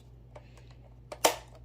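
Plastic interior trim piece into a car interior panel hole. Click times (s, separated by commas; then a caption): 1.2 s. A plastic interior trim piece is pushed home into its mounting hole on an interior panel of a 28-year-old RX-7. A few light taps and clicks come first, then a sharp, bright snap at 1.3 s as the piece seats firmly in place.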